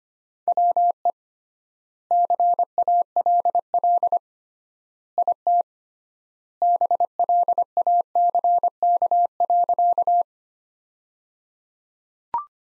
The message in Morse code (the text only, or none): WE CALL IT BLACK.